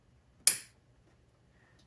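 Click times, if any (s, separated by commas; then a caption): 0.5 s. A new LED bulb for a John Deere X700 Series lawn tractor light is pushed onto its keyed plastic wiring connector. A single sharp, loud snap at 0.5 s rings bright and quickly fades, then near-silence follows. The bulb is seated on the connector.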